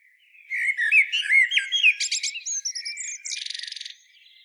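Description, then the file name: Common blackbird phrase: mellow whistled notes sliding up and down, followed by thin high squeaks and a fast buzzy rattle at the end. "Turdus merula"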